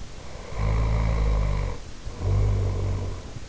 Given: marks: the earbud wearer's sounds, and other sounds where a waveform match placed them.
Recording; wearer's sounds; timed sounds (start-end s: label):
sounds in sleep by an in-ear microphone; snoring breath
0.25-3.44 s: snoring breath